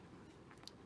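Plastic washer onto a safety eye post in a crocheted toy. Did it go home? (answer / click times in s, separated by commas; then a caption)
yes / 0.5 s, 0.7 s. A plastic backing washer is pushed down the post of a plastic safety eye through a crocheted plush toy body until it locks in place. Faint, sharp clicks are heard at 0.5 s and 0.7 s over a quiet background, and the washer is seated on the post.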